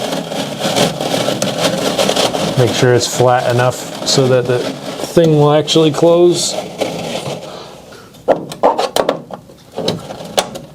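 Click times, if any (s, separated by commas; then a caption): 10.4 s. Someone talks while a filament spool and a desiccant bag are placed in a 3D printer filament spool holder (dryer) box, with the bag pressed flat so the lid will close. Handling knocks and taps follow, and the plastic lid latches shut with a sharp click at 10.4 s, showing it is seated.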